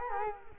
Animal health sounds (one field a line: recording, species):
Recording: mosquito wingbeat signal from an infrared sensor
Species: Culex quinquefasciatus